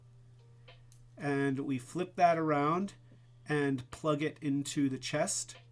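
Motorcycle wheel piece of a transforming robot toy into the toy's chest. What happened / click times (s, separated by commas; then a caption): The plastic part is being handled but has not yet snapped into place / none. A motorcycle wheel piece from a Transformers robot toy is flipped around and plugged toward the robot's plastic chest. Someone talks, and there is a faint tick at 0.9 s. Nothing has seated or clicked yet.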